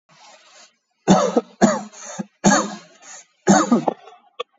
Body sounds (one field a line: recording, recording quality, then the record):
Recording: heavy voluntary cough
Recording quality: excellent, no background noise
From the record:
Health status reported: exposed to COVID-19, no respiratory illness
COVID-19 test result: negative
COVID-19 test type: RT-PCR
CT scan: taken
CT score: 7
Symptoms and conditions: loss of smell and taste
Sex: male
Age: 33 years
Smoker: no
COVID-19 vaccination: one dose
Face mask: worn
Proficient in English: yes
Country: India